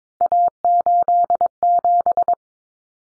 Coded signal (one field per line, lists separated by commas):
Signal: Morse code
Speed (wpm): 22 wpm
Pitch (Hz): 700 Hz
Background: none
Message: A87